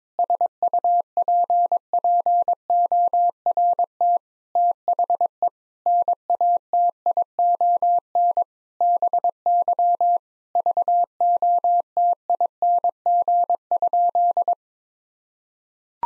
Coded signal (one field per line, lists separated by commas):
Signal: Morse code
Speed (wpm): 21 wpm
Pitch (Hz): 700 Hz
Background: none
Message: SUPPORT THE NATION BY VOTING?